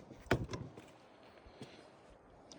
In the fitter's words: roll it in, and it locks into place.